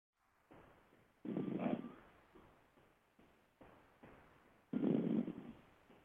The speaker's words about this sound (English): What are you doing? Are you breathing into the phone like some sick pervert?